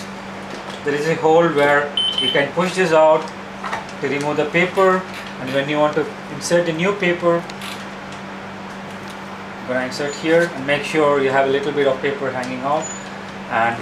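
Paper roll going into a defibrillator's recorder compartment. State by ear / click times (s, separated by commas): not seated / none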